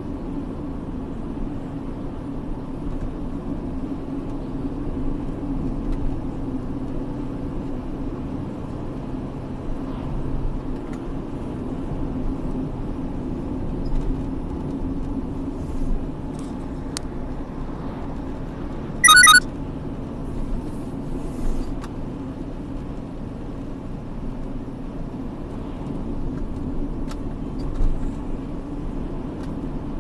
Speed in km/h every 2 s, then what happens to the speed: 70, 72, 75, 75, 76, 77, 70, 66, 66, 68, 69, 69, 68, 66, 68.
0-11 speeds up to 77. 11-15 slows to 66. 15-30 steady at about 68.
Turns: none.